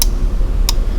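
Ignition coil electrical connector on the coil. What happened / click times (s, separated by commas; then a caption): The connector latch clicked open / 0.0 s, 0.7 s. A screwdriver placed behind the plastic electrical connector on an ignition coil of a 3.6 VR6 engine in a VW Touareg 2, during a valve cover gasket replacement, is pressed lightly toward the top of the connector to release its locking tab. Two short, sharp clicks are heard at 0.0 s and 0.7 s over a steady low rumble. The latch lets go and the connector is released, ready to be pulled off.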